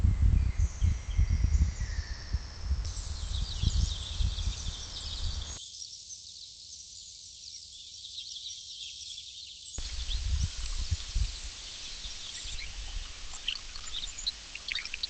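Rainforest ambience: a dense wash of high insect buzzing and scattered bird chirps runs throughout. Low rumbling thuds and rustles fill the first five seconds and return after about ten, while in between only the bright calls and chirps remain, quieter and thinner.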